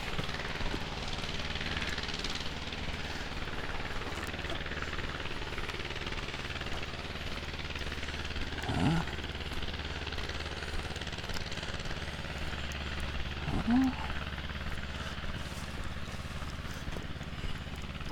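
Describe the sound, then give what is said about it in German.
A Hanomag tractor driving along Horbstraße: its engine drones steadily, a low throbbing rumble that holds throughout with little change in loudness, joined by a couple of brief higher chirps partway through. “Ein Hanomag-Trecker, der hier unten die Horbstraße langfährt.”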